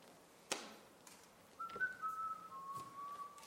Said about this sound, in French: Ne siffle pas